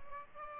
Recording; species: mosquito wingbeat signal from an infrared sensor; Aedes aegypti